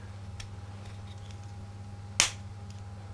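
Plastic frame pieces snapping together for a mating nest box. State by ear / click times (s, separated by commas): seated / 2.2 s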